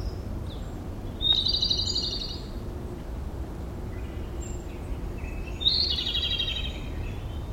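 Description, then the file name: Japanese robin song: a sharp note opening a fast, rattling high trill, repeated about four and a half seconds later, over a low steady background hiss with faint chirps. Song heard on 16 April 2012. "Japanese Robin 20120416"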